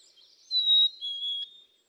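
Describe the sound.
Black-capped chickadee song: a clear two-note whistle, the first note higher and the second dropping lower, heard once.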